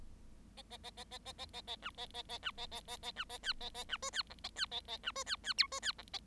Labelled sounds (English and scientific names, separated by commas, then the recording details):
Bengalese Finch (Lonchura striata domestica) song
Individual Bird7